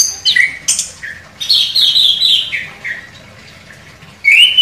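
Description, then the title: Orange-headed thrush song of varied high notes, including a sustained warbled phrase, sharp chips, and a final high whistle. Described as gacor, vigorously singing. "Anis Kembang Gacor"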